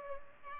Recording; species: mosquito wingbeat signal from an infrared sensor; Culex pipiens